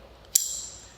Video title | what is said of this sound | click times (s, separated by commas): Properly Installing Tools in a Tool Holder - SabreNation University | that nice snap sound means it's in there I should be able to turn it upside down and wiggle it and it doesn't fall out | 0.4 s